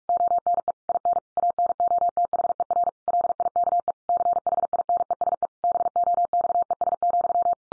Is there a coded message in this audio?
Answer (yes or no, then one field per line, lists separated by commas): yes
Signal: Morse code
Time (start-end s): 0.1-7.5 s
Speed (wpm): 46 wpm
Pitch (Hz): 700 Hz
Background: none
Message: ONE IN ANOTHER LIKE CHINESE BOXES,